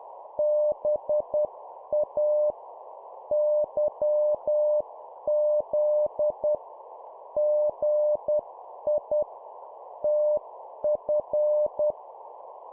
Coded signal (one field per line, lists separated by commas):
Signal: Morse code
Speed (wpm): 10 wpm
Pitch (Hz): 600 Hz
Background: none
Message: BA YZ GI TF